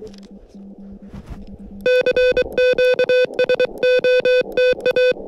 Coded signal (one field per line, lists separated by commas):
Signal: Morse code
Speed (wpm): 23 wpm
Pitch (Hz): 500 Hz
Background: music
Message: CQ SOTA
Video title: 面白山（標高1264m）山岳運用 SOTA Activation / モールス通信 / Using KH1 & Whip